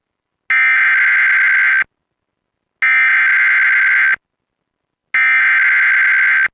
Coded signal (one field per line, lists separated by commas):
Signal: Emergency Alert System (SAME) tones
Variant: header bursts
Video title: Severe Thunderstorm Warning | EAS #544